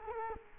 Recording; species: mosquito wingbeat signal from an infrared sensor; Culex quinquefasciatus